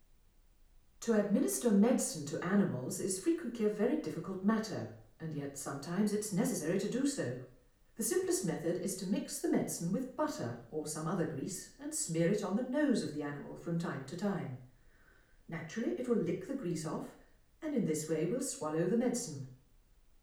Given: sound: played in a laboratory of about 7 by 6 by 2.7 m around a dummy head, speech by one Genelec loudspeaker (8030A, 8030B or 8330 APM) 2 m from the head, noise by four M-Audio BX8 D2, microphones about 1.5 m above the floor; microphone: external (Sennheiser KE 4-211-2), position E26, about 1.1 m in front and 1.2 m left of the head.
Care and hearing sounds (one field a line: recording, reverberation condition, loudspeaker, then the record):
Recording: female speech in English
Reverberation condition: medium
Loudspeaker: behind (180 degrees)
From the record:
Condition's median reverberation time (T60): about 510 ms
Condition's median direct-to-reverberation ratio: about -0.5 dB